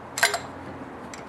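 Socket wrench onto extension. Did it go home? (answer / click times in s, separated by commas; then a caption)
yes / 0.2 s. A socket wrench (ratchet) is popped back onto a metal extension, giving a sharp metallic click at 0.2 s and a second at 0.2 s, followed by a fainter tick near 1.1 s. The ratchet locks onto the extension and is seated.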